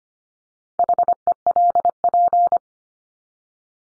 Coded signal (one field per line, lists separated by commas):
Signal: Morse code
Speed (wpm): 25 wpm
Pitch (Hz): 700 Hz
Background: none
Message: HELP